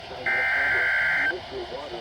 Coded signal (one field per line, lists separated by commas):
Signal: Emergency Alert System (SAME) tones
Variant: header bursts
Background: speech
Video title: EAS Severe Thunderstorm Warning on NOAA Radio KZZ81 (3/10/2026) EAS #563